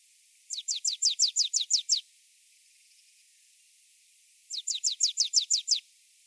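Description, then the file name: Marsh tit calling in two quick runs of many high, downslurred notes, evenly spaced, with a pause of roughly two and a half seconds between. "Poecile palustris"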